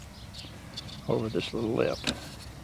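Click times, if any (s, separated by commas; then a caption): none. A rear wiper blade on a Chevy HHR is being pulled down to snap over a small lip on the wiper arm, with faint handling noises while someone talks. Nothing has seated or clicked yet.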